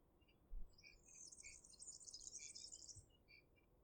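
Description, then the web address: European serin song: one continuous jangling, wheezy high trill lasting about two seconds, with a few short chirps before and after it. "ecoute de mon quartier serin cini"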